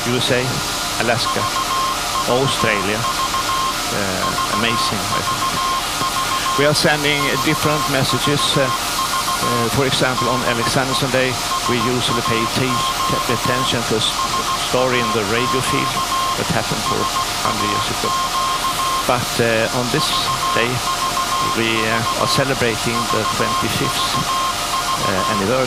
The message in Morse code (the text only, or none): VVV VVV VVV DE SAQ SAQ SAQ VVV VVV